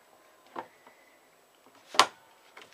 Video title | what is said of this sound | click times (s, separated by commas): FISKARS ADVANTEDGE | et après on a ça s'enclenche tout seul à l'arrière alors | 2.0 s